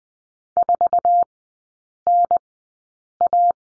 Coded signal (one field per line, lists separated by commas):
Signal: Morse code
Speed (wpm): 20 wpm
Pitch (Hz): 700 Hz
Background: none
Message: 4NA